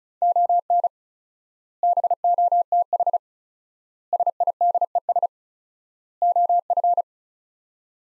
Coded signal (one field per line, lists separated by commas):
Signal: Morse code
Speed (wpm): 36 wpm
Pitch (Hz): 700 Hz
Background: none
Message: ON BOTH SIDES OF